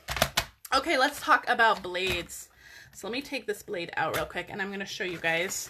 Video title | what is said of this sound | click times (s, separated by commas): To Every Season Card plus New Trimmer Review | that cutting arm just snaps right into place okay | 0.4 s